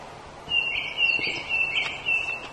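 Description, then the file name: Coal tit calling: thin, high, slightly buzzy notes run together in short bursts, repeated over about two seconds against faint background noise. "kurotsu higara"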